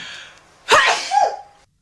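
A quiet intake, then one sudden explosive sneeze with a fairly high-pitched voiced tail.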